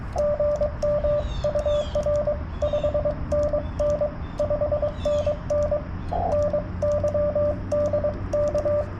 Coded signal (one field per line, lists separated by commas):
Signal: Morse code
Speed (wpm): 22 wpm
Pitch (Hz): 590 Hz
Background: radio noise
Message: GM UR 5NN 5NN NY DK